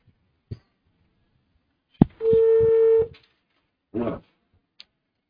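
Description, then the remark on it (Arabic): A sharp click, then a steady electronic phone-line tone holding one pitch for about a second as a caller connects to a live phone-in programme, followed by a burst of noisy crackle and a few faint clicks, with no talking. “المتصل بين على الهاتف يتفضل.”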